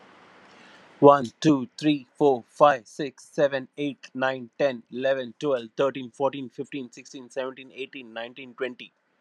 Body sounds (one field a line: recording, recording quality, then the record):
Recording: counting at a fast pace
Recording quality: excellent, no background noise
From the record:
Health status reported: healthy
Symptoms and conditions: cough, cold, hypertension, diabetes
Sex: male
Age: 38 years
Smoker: not ticked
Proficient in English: yes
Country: India